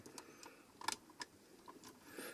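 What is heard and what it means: A small rotating carousel inside the chest panel of a plastic Transformers MP-03 Masterpiece Grimlock (2014) robot figure is twisted and turned, trying to make it pop into place. Sharp, light plastic ticks and scrapes sound at about 0.1, 0.2, 0.4, 0.9, 1.2 and 1.7 seconds, loudest near 0.9 and 1.2 seconds. The carousel has not seated or clicked into place yet.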